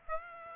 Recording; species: mosquito wingbeat signal from an infrared sensor; Aedes aegypti